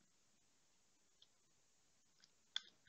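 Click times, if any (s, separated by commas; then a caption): none. The key of a delid tool is turned to push the metal heat spreader off an Intel i7 4790 CPU, which should click when it breaks free. Against a quiet background there are only faint ticks near 1.2 s, 2.2 s and 2.9 s and one sharper tick at 2.6 s. Nothing has clicked yet, and the heat spreader is still attached.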